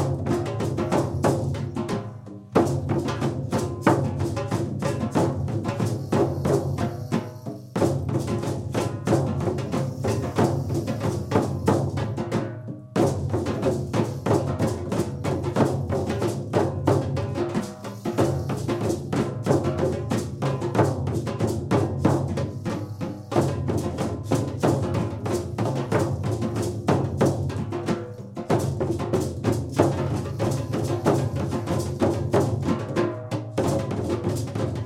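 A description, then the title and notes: A group drum circle plays a steady, galloping horse-beat pattern, dense and loud throughout with sharp regular hits. The rhythm drops out in brief gaps near 2, 8, 13, 18 and 28 seconds before the ensemble comes back in together. Horse Beat Drum Sequence. Drum Circles improvised recordings in a community setting with novice & experienced participants.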